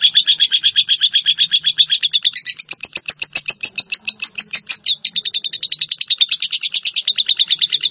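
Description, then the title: Java sparrow song: a steady, fast series of sharp chirping notes around mid-high pitch, rising slightly midway then settling back, continuing without pause throughout. "kicau gelatik"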